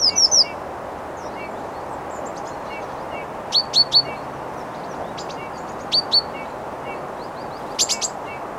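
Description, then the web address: Great tit giving short, clipped descending notes in groups of two or three, spaced several seconds apart, with faint thin calls from other birds between them. "SETE data Parus major"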